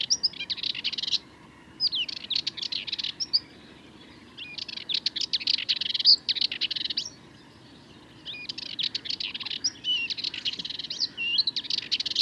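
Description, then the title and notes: Sardinian warbler singing in repeated bursts of fast, rattling, scratchy notes separated by short silences. Recorded 22 March 2019 at Le Charnier, Camargue, at twilight; a long monologue of incredibly nervous, rapid song; Wildtronic parabola, MKH8020 microphone, MixPre 3 recorder. "Le Charnier - Camargue. une Fauvette mélanocéphale (Sylvia melanocephala)"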